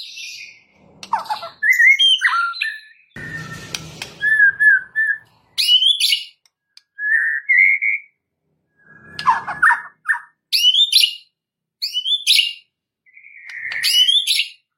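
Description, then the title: White-rumped shama song of varied whistled and sharp chirping phrases in separate bursts, with brief rustling noises between. Training song, full rolling and shooting song style. "Masteran Murai Batu Full Ngerol Nembak"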